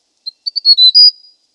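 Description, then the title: Hill prinia giving one quick phrase of high thin chirps that speed up and merge into a bright, sustained whistled note. Quiet background. "prenjk gnung. Suara burung prenjak gunung"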